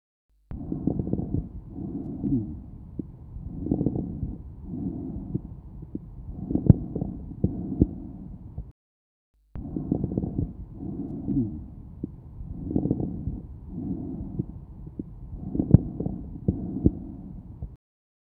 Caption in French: L'auscultation d'un patient qui présentait une bronchopneumonie. Les crépitants de mi-inspiration et le roncus sont des signes de bronchite, et le souffle tubaire témoigne de la persistance d'une condensation.